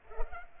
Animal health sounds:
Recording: mosquito wingbeat signal from an infrared sensor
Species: Culex pipiens

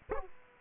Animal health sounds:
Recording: mosquito wingbeat signal from an infrared sensor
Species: Aedes aegypti

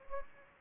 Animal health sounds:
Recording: mosquito wingbeat signal from an infrared sensor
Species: Anopheles gambiae

